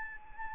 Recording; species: mosquito wingbeat signal from an infrared sensor; Anopheles arabiensis